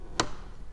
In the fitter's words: like so once you hear that click and you you know you've inserted it firmly